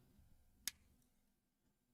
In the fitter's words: That was a satisfying little click. Perfect.